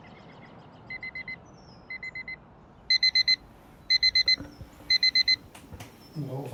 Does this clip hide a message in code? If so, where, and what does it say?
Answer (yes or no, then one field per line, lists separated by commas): no